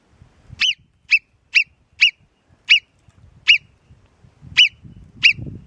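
Alpine marmot uttering eight sharp, high whistles at roughly half-second to one-second intervals, with faint low rumble beneath.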